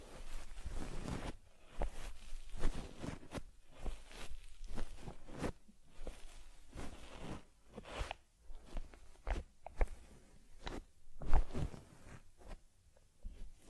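Brushing and rubbing on a teddy bear's fur, a steady run of short scratchy strokes repeating every half second or so. The strokes vary in loudness, with a few sharper clicks and taps near the ninth and eleventh seconds, and quiet gaps between bursts.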